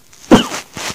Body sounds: coughing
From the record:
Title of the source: Heavy cold and sore throat coughing.

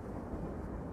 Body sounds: background sound without coughing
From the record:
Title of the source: Train Ride Ambience ambient white noise for sleeping, focus, studying, reading

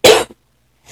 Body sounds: coughing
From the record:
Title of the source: 61 morning phlegmy cough...again

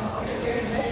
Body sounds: background sound without coughing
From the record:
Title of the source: 40 min - Ambience sounds UNIVERSITY lunchroom chatting

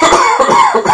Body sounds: coughing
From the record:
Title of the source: Spring Cold Coughing 2

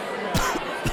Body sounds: coughing mixed with background sound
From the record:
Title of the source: Coughing 51

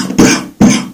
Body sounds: coughing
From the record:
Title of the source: Spring Cold Coughing 3

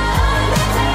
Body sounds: coughing mixed with background sound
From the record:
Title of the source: Female coughing - Sound effects

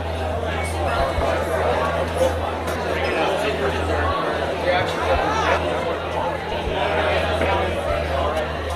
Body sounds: background sound without coughing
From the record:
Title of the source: CITY SOUNDS Busy Bar in the Evening Night - 2 HOURS of Ambiance for Relaxation

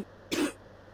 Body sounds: coughing mixed with background sound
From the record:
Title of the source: 60 coughing still (deep and wet cough)

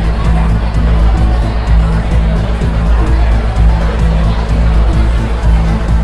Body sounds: background sound without coughing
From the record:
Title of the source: Party Noise 1 Hour Party Ambience

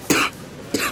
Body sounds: coughing mixed with background sound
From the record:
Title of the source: 64 coughing, allergies, singing lungs

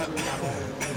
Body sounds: coughing mixed with background sound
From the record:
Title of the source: Dry Coughing Fit in the Afternoon.

